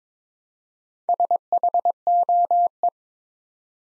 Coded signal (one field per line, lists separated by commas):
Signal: Morse code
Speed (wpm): 22 wpm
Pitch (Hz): 700 Hz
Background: none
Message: SHOE